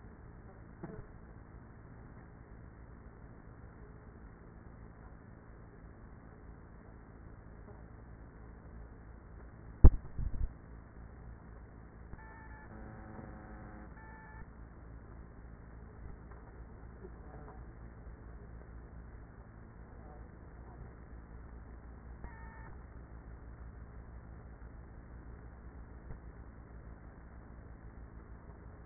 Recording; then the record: honeybee colony, microphone inside the hive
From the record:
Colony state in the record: queenless with a low population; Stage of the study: after two queens were removed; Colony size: about 30,000 bees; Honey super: no